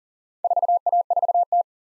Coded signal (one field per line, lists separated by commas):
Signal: Morse code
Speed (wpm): 47 wpm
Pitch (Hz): 700 Hz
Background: none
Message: 4A4T